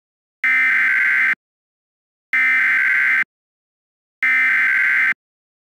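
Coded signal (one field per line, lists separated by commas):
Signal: Emergency Alert System (SAME) tones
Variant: header bursts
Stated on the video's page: Mock EAS alert for a fictional city: Dust Storm Warning and PDS Severe Thunderstorm Warning.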